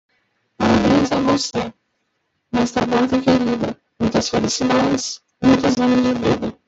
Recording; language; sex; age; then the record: short text; Brazilian Portuguese; male; 20 to 29 years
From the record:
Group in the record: control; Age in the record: 20 years